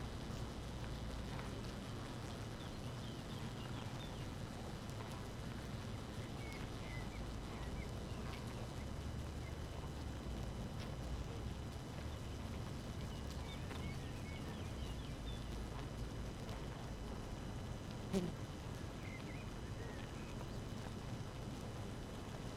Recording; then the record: honeybee colony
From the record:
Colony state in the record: active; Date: 12 June 2018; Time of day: 5:32